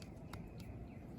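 The head of a small plastic Blokees Ultraman Zero action figure is pushed back onto its neck peg, whose socket is cracked. Three short, sharp clicks sound at 0.0, 0.3 and 0.6 seconds over a steady low background hum, and faint high descending tones follow near the end. The head still clicks, but it no longer locks on or holds in place.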